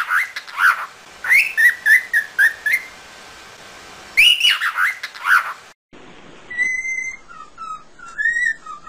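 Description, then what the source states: Cockatiel whistles: a run of bright rising and falling notes, a brief pause, then a shorter burst of clear whistled tones. Song for training cockatiels.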